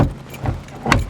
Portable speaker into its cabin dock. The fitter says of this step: കണ്ടോ അത് അവിടെ ലോക്ക് ആയിക്കോളും